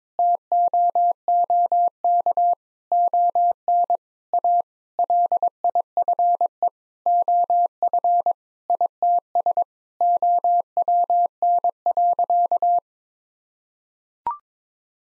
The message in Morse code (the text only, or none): TOOK ON A LIFE OF ITS OWN.